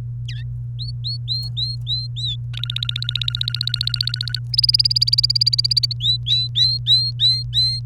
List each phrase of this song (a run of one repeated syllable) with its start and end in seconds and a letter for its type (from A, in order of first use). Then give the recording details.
0.28-0.43 A, 0.79-2.36 B, 2.54-4.39 C, 4.53-5.93 D, 6.00-7.80 B. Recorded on 29 April 2018 at 15:44. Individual llb3